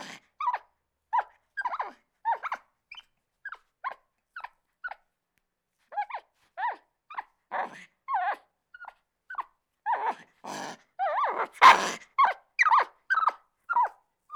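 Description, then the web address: Capuchin monkey gives many short, falling squeaks in quick succession, with harsh, grating screams erupting near the end. Angry calling. "monkey capuchin mad"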